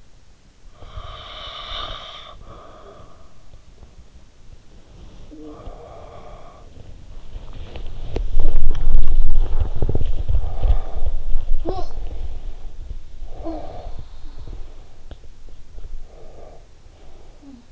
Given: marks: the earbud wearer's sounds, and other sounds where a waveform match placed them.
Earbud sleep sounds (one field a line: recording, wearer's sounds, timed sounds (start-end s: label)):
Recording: sounds in sleep by an in-ear microphone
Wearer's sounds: breath, body movement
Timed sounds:
0.50-3.75 s: breath
4.86-7.04 s: breath
7.04-14.28 s: body movement
11.46-12.30 s: sound from someone else or the room
13.31-14.02 s: sound from someone else or the room
15.65-17.72 s: breath